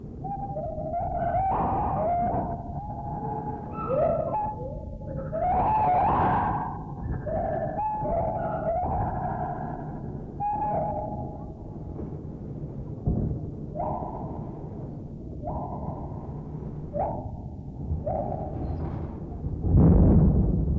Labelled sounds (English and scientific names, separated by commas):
Lar Gibbon (Hylobates lar)